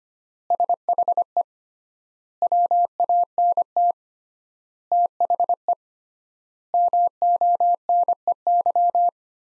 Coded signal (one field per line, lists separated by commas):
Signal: Morse code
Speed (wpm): 25 wpm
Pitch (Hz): 700 Hz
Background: none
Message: SHE WANT THE MONEY